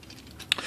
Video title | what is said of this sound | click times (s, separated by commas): Igear MW-06 Mini Warriors Duneraker Review! Bert the Stormtrooper Reviews! | Go ahead and pull these out, all the way out, and they are going to click in place. | 0.5 s